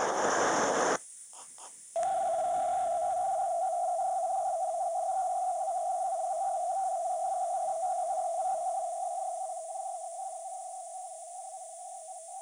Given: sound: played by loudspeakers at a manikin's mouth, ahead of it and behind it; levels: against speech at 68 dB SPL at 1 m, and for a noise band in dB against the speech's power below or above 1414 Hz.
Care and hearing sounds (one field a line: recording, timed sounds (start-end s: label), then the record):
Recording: test signals for a remote microphone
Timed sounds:
0.00-0.96 s: speech-spectrum noise, +10 dB
1.96-12.41 s: noise band at 707 Hz, as loud as that band is in speech
From the record:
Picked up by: remote microphone B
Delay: 24 ms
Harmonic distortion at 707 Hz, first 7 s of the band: under -29 dB